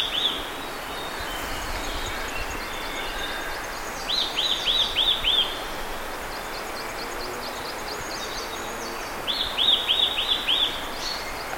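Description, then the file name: Eurasian nuthatch calling in two short runs of four or five arched whistled notes over steady background hiss, with faint high chirping series from other birds. "Sitta europaea"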